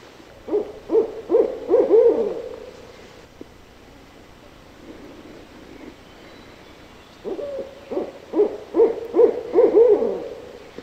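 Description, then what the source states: Barred owl hooting: a rapid series of about six deep, throaty hoots, pause of several seconds, then a second similar rolling burst of hoots. Calls, recorded 9 June 2003.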